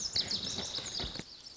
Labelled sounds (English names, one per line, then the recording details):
Lazuli Bunting
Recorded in Sonoma County, California